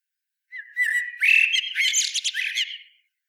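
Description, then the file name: Common blackbird giving a single squeaky, chattering phrase that starts with a thin steady note and breaks into scratchy twittering for about two and a half seconds; no other sounds. "Turdus merula"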